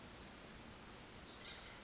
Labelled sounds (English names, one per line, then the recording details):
Pacific Wren
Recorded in Sonoma County, California